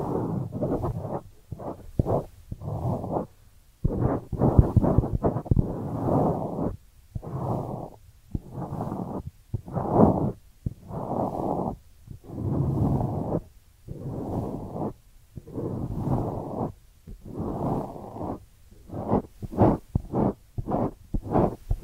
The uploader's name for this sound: Ear Cleaning Triggers